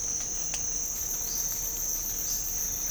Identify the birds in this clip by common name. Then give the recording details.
none. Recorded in pastures near Puerto Asís, Putumayo, Colombia, on 20 December 2024 at 06:00. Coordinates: 0.496, -76.326. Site G004